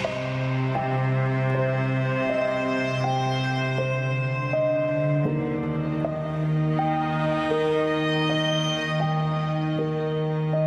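String music plays at a steady level, long held low notes beneath a melody that steps to a new pitch every second or so.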